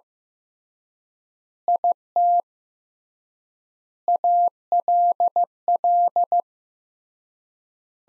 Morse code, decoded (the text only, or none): IT ALL